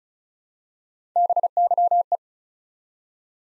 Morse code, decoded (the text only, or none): BYE